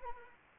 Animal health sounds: mosquito wingbeat signal from an infrared sensor; Anopheles arabiensis

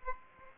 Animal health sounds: mosquito wingbeat signal from an infrared sensor; Aedes aegypti

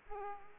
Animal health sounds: mosquito wingbeat signal from an infrared sensor; Aedes aegypti

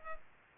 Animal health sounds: mosquito wingbeat signal from an infrared sensor; Aedes aegypti

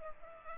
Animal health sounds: mosquito wingbeat signal from an infrared sensor; Culex pipiens

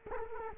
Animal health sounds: mosquito wingbeat signal from an infrared sensor; Culex quinquefasciatus

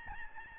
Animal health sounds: mosquito wingbeat signal from an infrared sensor; Aedes albopictus

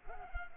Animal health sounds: mosquito wingbeat signal from an infrared sensor; Culex pipiens

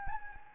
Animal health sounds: mosquito wingbeat signal from an infrared sensor; Anopheles gambiae

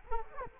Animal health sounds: mosquito wingbeat signal from an infrared sensor; Culex quinquefasciatus

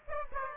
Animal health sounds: mosquito wingbeat signal from an infrared sensor; Aedes aegypti

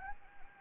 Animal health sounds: mosquito wingbeat signal from an infrared sensor; Anopheles gambiae

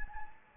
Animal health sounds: mosquito wingbeat signal from an infrared sensor; Anopheles gambiae

